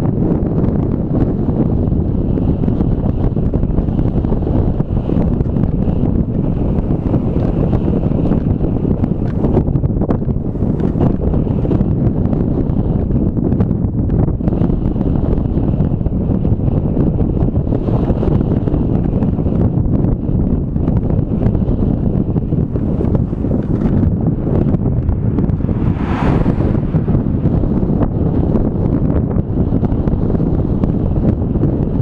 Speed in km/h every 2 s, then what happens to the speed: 20, 19, 17, 15, 14, 14, 14, 13, 14, 13, 13, 13, 13, 13, 13, 13.
0-9 slows to 14. 9-32 steady at about 13.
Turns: none.